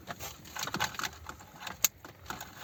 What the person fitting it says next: Everything clicks into place.